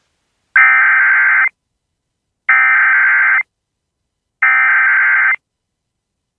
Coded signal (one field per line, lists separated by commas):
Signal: Emergency Alert System (SAME) tones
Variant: header bursts